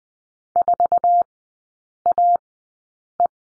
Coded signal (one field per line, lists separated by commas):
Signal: Morse code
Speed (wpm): 20 wpm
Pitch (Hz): 700 Hz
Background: none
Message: 4AE